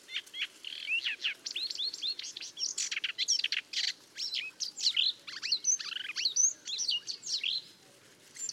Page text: Patrick Franke - Индийская камышевка (Acrocephalus agricola)